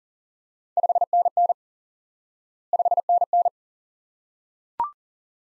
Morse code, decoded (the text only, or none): 5NN 5NN